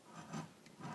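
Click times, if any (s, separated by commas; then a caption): none. A modded handheld game console circuit board, fitted with a second analog stick during a dual-analog mod, is being pushed back into its plastic console shell. Soft rubbing and scraping handling noise swells around 0.3–0.4 s and again near 0.8–0.9 s. Nothing has seated or clicked into place yet.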